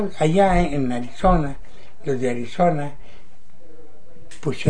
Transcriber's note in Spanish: none